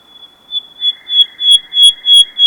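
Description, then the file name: Common nightingale song: a steady high whistled tone that pulses louder about three times a second, with a lower buzzy tone joining beneath it. "Luscinia megarhynchos"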